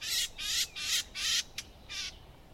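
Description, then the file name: Eurasian blackcap uttering a quick series of five rasping, noisy calls, each about a quarter second long, with a brief click between the last two. "Sylvia atricapilla"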